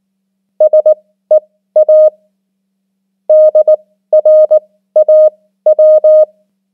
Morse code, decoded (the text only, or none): SEA DRAW